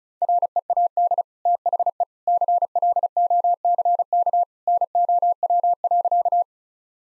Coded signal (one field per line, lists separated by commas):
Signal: Morse code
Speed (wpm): 36 wpm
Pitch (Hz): 700 Hz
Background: none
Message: READ THE CLOCK NOW.